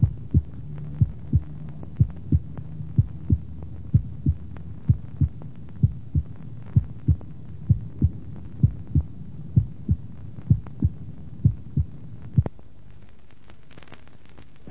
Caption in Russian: Запись нормальных тонов сердца.